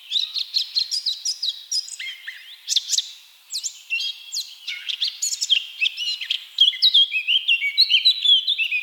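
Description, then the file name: Eurasian blackcap with a long, busy warbled song of sharp chips, scratchy phrases and whistled notes. "Sylvia atricapilla"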